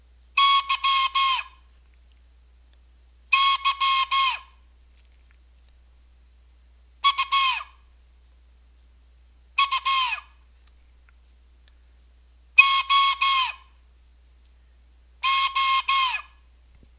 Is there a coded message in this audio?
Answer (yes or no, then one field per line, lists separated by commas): yes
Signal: Morse code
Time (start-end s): 0.4-16.0 s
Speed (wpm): 16 wpm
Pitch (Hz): 1090 Hz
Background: none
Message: YYUUOO